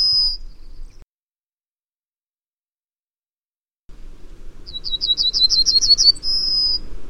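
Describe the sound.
Bird singing a high, sustained whistle, then after silence a rapid series of bright chirped notes ending in another level whistle, over faint low background noise.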